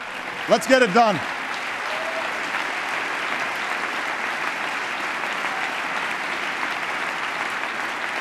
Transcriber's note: applause